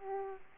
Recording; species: mosquito wingbeat signal from an infrared sensor; Aedes aegypti